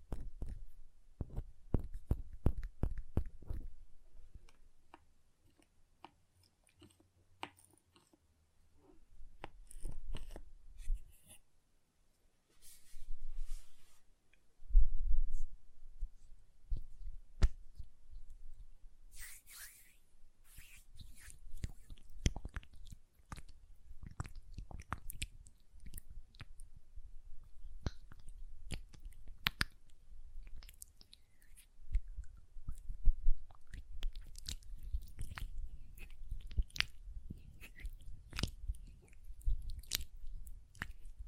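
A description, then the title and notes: Hand sounds with lotion: wet, squelching rubs and soft smacks packed with sharp little clicks. Bursts come in uneven clusters, with brief quiet gaps near 6 and 14 seconds, then turn denser and steadier from about 20 seconds on. A low rumble sits underneath. Hand Sounds, Nail Tapping and Lotion Sounds.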